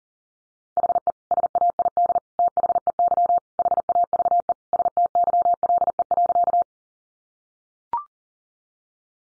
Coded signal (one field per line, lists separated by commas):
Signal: Morse code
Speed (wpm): 40 wpm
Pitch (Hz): 700 Hz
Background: none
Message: HE SAID THEY HAVE STYLE.